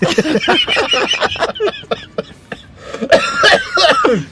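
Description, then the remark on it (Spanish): A run of loud, harsh coughs in uneven bursts, mixed with raspy throat clearing, ending in a strained, gravelly hack. No talking. “Oye, el aire acondicionado del avión siempre te daña los pulmones.”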